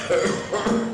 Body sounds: coughing mixed with background sound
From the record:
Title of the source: Wet Throat Infection Cough

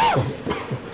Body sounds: coughing mixed with background sound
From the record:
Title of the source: Dry Coughing Fit in the Afternoon.

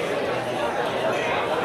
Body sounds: background sound without coughing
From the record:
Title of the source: CITY SOUNDS Busy Bar in the Evening Night - 2 HOURS of Ambiance for Relaxation

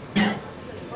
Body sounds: coughing mixed with background sound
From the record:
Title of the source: Man Coughing Sound - Wet Cough Sound Effect

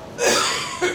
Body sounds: coughing mixed with background sound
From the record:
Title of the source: Spring Cold Coughing 2

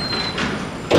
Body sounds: background sound without coughing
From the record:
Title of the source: 30 MINUTES Construction Site Ambience (CC BY 4.0)

